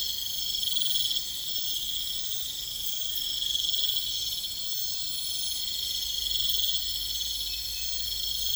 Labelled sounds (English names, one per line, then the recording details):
none
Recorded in pastures near Puerto Asís, Putumayo, Colombia, on 20 December 2024 at 22:30
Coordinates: 0.472, -76.329
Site G072